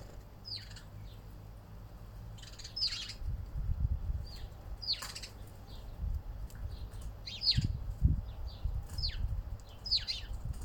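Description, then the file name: Bird giving repeated quick downslurred chirps in loose clusters, with bursts of low rumbling noise underneath. "zoizo klokkergarden"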